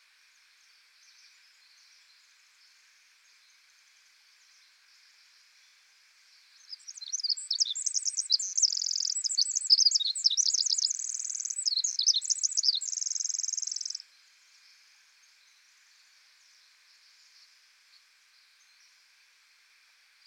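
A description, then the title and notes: A Pacific Wren delivers one long, high song from about 7 to 14 seconds: a rapid, tumbling run of thin trills and buzzy notes, ending on a steady held trill. Before and after, only a faint, quiet background hiss with chirps remains. Pacific Wren.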